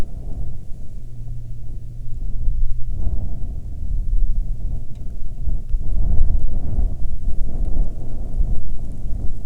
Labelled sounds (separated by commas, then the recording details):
wind, rain, aircraft
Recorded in the Prudhoe Bay oil fields, Alaska, on 30 July 2019 at 13:35
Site 13